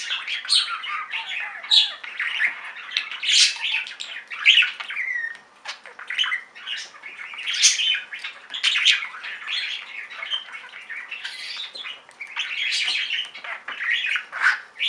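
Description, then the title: Budgerigar chatter, continuous warbling with squawky bursts and clicks. "Budgie Sounds"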